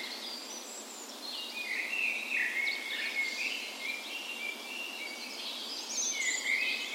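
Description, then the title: Birds of a dawn chorus, warbling song phrases swelling in the middle and end, with softer high chirps continuing behind. Spring dawn chorus on the morning of 17 May, Norway's National Day, in a park west in Bergen, Norway; recorded with a Sony PCM A10 and LOM micro Usi mics as tree ears. "17th Of May Dawn Chorus"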